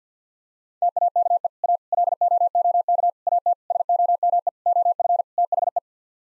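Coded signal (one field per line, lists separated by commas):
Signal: Morse code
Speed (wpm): 50 wpm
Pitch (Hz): 700 Hz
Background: none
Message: TAKE A LOOK AT SOME OF THE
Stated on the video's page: Head-copy drill of sets of seven-word n-grams sent in Morse at 50 wpm.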